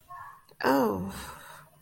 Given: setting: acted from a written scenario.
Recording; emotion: vocal sound without words; embarrassment